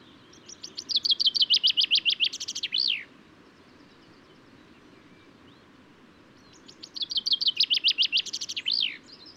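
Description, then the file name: Common chaffinch, male, singing two full songs, each a rapid run of repeated high notes ending in a sharp flourish. Male song; recorded in Důl Bílého Labe, Czech Republic, on 22 May 2018. "cchaffin-coelebs-1-M-S cz dul-bileho-labe"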